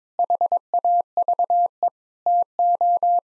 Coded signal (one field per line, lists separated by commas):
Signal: Morse code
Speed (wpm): 22 wpm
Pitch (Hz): 700 Hz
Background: none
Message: HAVE TO